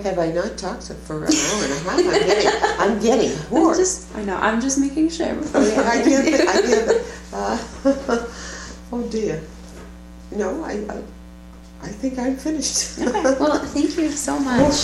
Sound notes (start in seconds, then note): 2.8 laughter; 5.6 laughter